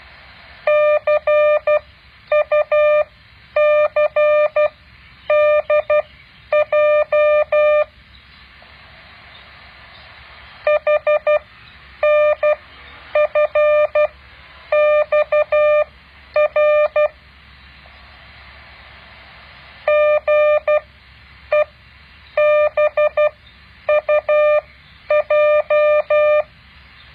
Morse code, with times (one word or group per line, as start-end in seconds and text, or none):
0.7-7.8 CUCDJ
10.7-17.1 HNFXR
19.9-26.4 GEBUJ